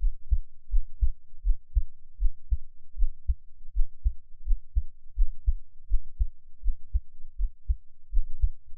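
Steady low, muffled heartbeat of an adult at about 82 beats a minute, picked up close with an NT5 microphone in a quiet room.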